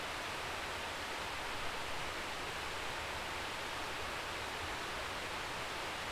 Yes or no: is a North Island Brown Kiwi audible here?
no